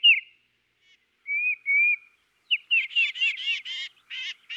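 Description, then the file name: Tufted titmouse whistled notes, a short downslur and longer level whistles, followed by a rapid buzzy, harsher series of repeated notes. "dan-gibsons-solitudes tufted-titmouse"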